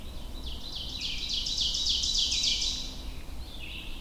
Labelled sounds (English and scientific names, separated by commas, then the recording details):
Ovenbird (Seiurus aurocapilla) song
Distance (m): 55 m
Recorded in boreal forest in Alberta, Canada, on 22 June 2016 at 05:22
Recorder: SongMeter 3, array SBT-6-76
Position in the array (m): 263 m, 97 m
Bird 1